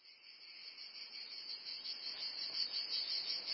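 Cicadas giving a shrill continuous buzz that starts soft and grows louder over a few seconds.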